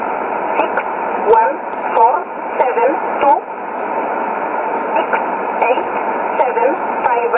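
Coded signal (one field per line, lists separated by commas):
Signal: numbers station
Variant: E11 Oblique, English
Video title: 15 03 2017 Numbers station E11 Oblique in English to Eu 0813 on 11450 in USB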